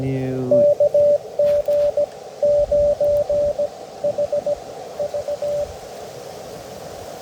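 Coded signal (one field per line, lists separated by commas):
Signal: Morse code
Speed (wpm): 18 wpm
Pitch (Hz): 590 Hz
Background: speech, radio noise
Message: KG9HV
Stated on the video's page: FT8 and Morse from a QRP POTA park activation using a QRP Labs QMX transceiver, an EFHW antenna, a UMPP-1 paddle and an 11.1V battery.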